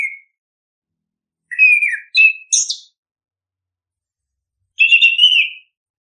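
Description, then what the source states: Bird song: short clear whistled phrases, a quick burst of rising and falling notes, then a pause and a final slurred whistle near the end. Chirping birdsong intended for training and tutoring favourite pet birds.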